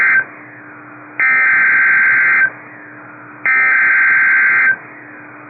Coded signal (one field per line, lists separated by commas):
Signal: Emergency Alert System (SAME) tones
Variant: header bursts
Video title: Severe Thunderstorm Warning #4 - 08/11/23 (EAS #2,843)